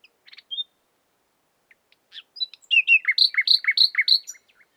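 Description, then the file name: Common nightingale song: scattered soft notes and a whistle, then a short series of rich, evenly spaced repeated double notes. "Luscinia megarhynchos"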